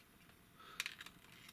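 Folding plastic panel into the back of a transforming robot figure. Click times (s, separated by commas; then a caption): 0.8 s. A plastic back section of an oversized KO WFC Optimus Prime SG version transforming robot figure is folded down and pushed into place. After a quiet stretch, a sharp click sounds at 0.8 s as the panel locks into place, followed by a few softer plastic taps and clicks. The panel is seated.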